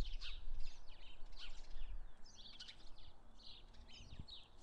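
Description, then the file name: House sparrows giving a continuous chorus of quick overlapping chirps, lively and uneven, with low background rumble beneath. "Passer domesticus"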